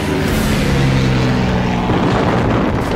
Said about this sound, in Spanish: Los aviones. Terrible, terrible. Los aviones caían en picada sobre nosotros, como rayos de luz.